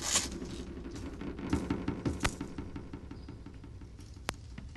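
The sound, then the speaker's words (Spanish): Rolling paper for a joint is handled and swapped for a fresh sheet because the old one is worn, making a steady run of soft crinkles and dry rustles with a few sharper crackles, including one crisp tick near the end. No one speaks. “Espera, vamos a cambiar de papel.”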